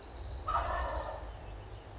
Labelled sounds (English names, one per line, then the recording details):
Wild Turkey
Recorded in Sonoma County, California